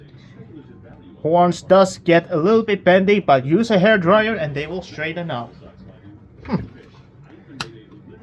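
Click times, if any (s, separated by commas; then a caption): 7.6 s. A horn piece is fitted onto the head of a large transforming robot figure made of plastic and die-cast metal. Someone talks for most of the clip, then after a brief quieter stretch a single sharp click is heard at 7.6 seconds as the horn piece snaps into place on the head.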